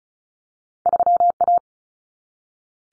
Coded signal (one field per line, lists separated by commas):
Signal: Morse code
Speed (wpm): 34 wpm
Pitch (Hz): 700 Hz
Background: none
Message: 3A